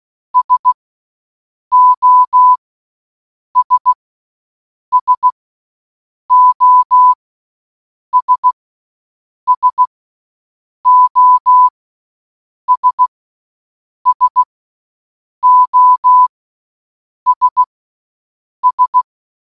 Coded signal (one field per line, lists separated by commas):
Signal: Morse code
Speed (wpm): 16 wpm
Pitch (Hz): 1000 Hz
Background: none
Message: SOS SOS SOS SOS S